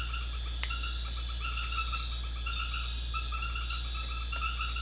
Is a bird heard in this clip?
no